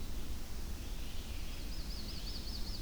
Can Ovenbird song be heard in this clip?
no